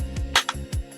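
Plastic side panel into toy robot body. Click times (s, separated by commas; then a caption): 0.4 s. A plastic side panel of a transforming robot toy in dinosaur mode is folded into the side of the body and pressed until it locks, over steady background music. A sharp plastic snap at 0.4 s marks the panel seating, with softer taps around 0.2, 0.5 and 0.7 s.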